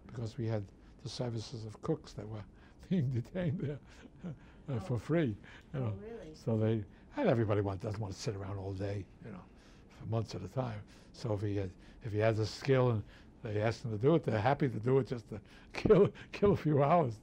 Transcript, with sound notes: Because we had the services of cooks that were being detained there. [Laughs] For free.
Oh, really?
So they — and everybody want --- doesn't want to sit around all day, you know, for months at a time, so if he — if he has a skill and they ask them to do it, they're happy to do it just to kill — kill a few hours.